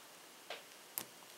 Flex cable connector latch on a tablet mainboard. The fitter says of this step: yeah that locked down okay that locks in place okay so